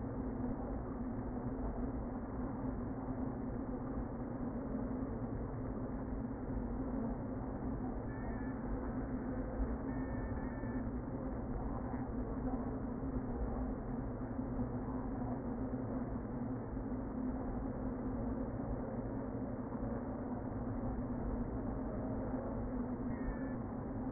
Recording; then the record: honeybee colony, microphone inside the hive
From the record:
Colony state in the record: queen present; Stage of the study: before two queens were removed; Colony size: about 60,000 bees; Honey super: yes